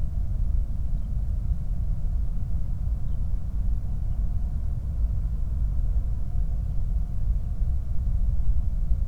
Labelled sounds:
flare stack

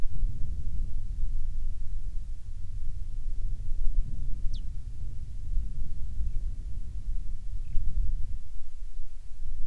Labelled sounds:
bird, wind

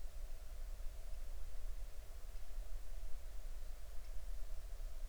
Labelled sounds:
songbird

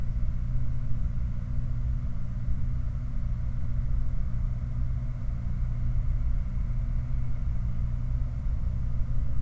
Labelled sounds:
machinery, flare stack

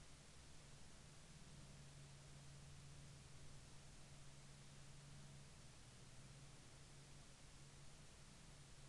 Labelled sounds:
aircraft

